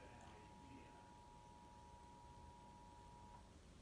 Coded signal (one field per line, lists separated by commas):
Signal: Emergency Alert System (SAME) tones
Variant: 853 and 960 Hz attention tone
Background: speech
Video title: Real EAS #2 (Severe Thunderstorm Warning)